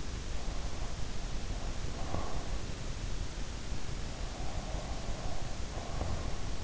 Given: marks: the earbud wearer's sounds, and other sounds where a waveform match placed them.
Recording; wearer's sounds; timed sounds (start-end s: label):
sounds in sleep by an in-ear microphone; breath
0.59-2.98 s: breath
4.51-6.51 s: breath